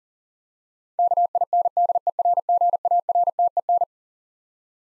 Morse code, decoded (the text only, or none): KINDERGARTEN